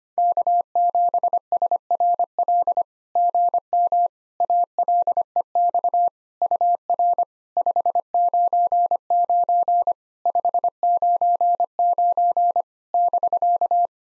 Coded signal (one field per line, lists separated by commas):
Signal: Morse code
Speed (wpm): 25 wpm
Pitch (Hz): 700 Hz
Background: none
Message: K7SRL GM ALEX UR 599 599 <BK>